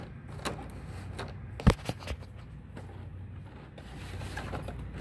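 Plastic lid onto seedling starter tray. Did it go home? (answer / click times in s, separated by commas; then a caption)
no / none. A thin plastic humidity lid is pressed onto a seedling starter tray again, producing a few light plastic taps and knocks between about 1.2 and 1.9 seconds, the sharpest at 1.7 seconds, over a low background hum. The lid does not snap on or stay down because it has no lock, and nothing has seated or clicked.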